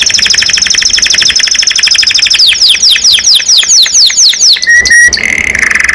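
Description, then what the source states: Canary song with a fast rattling trill that turns into quick downward-sweeping notes, ending on short whistled tones. Domestic canary described as gacor, singing constantly, and as a first-place champion songbird.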